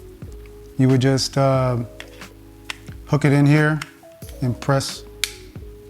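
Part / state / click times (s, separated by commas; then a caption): drone battery into charging hub / seated / 5.2 s. An Autel Evo Nano Plus drone battery is hooked into its plastic charging hub and pressed down until it latches, while someone talks. A sharp, loud click sounds at 5.2 s as the battery seats in the hub.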